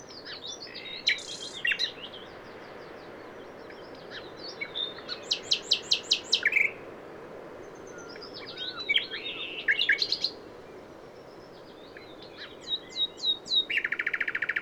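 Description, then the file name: Common nightingale song with thin slurred whistles, bursts of rapid notes and a buzzy churring phrase at the end. "Luscinia megarhynchos"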